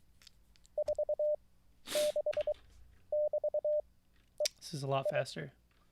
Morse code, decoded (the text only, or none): 46<BT>EI